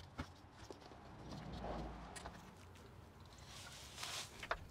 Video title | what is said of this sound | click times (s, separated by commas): 4th Brake Light Installation Made Easy! | Once you have the plug disconnected, this harness can be plugged in, and each side should click into place. | 4.5 s